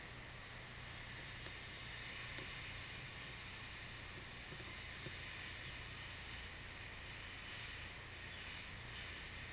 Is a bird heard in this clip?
no